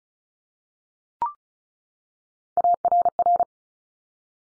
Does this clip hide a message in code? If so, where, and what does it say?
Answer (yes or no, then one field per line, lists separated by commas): yes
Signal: Morse code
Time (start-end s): 2.6-3.4 s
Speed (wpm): 36 wpm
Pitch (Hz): 700 Hz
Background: none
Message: ARR